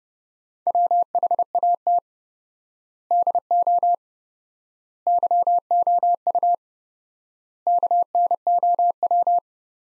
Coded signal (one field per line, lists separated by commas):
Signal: Morse code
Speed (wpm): 32 wpm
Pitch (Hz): 700 Hz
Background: none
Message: WHAT DO YOU KNOW